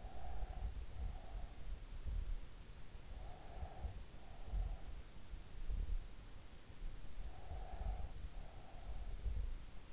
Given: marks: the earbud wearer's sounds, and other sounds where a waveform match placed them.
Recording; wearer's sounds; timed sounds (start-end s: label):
sounds in sleep by an in-ear microphone; breath
0.00-1.81 s: breath
3.25-5.27 s: breath
7.00-9.07 s: breath